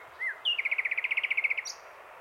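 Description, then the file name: Common nightingale song, a short whistle then a rapid even series of many notes, ending with a high sharp note. "Luscinia megarhynchos"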